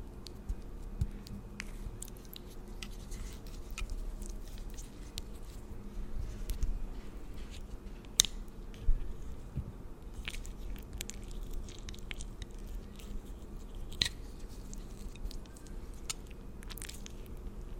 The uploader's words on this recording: ASMR Pampering Your Skin & Hair for Fall Layered Sounds Tingly Sounds For Sleep( No Talking ).